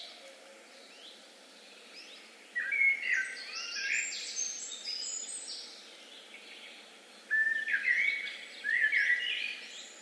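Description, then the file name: Eurasian blackbird song: after a quiet start, several warbled phrases with bright squeaky twitters. "Turdus merula"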